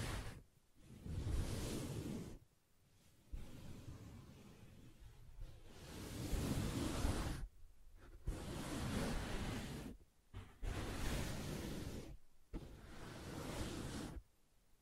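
Soft scratching on a fabric surface, a dense, hissy rustle that runs in long strokes of one to several seconds. Brief silent pauses break it up, near 0.5, 2.5, 7.5, 10, 12 and 14.5 seconds, and the rubbing swells and eases within each stroke.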